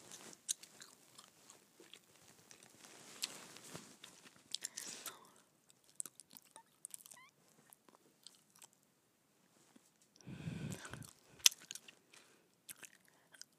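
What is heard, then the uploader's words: Gum chewing with wet, sticky clicks and smacks, busiest in the first five seconds and fairly dense there. A quieter stretch follows with scattered pops, then a heavier, lower chewing burst around ten to eleven seconds before sparse clicks return. ASMR Gum Chewing.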